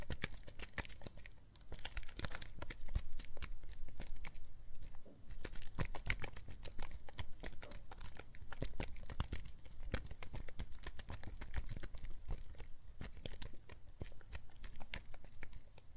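Soap foam crackles and pops without a break, a dense stream of tiny sharp clicks and snaps spread from low to very bright. The crackling stays busy and fairly even for the whole stretch, with brief bursts of louder pops and a soft low rumble underneath.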